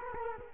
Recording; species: mosquito wingbeat signal from an infrared sensor; Culex quinquefasciatus